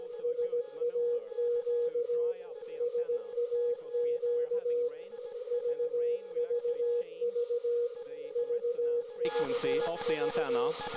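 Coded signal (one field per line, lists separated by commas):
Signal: Morse code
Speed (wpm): 17 wpm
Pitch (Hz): 480 Hz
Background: speech, radio noise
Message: SAQ SAQ VVV VVV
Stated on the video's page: SAQ transmission, live stream.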